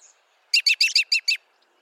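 American robin calls: a quick burst of six sharp, high chirps spaced evenly over under a second, with quiet surroundings.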